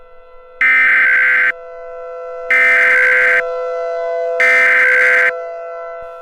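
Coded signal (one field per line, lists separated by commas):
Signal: Emergency Alert System (SAME) tones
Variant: header bursts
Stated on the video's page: Simulated EAS alert scenario (mock) with sirens.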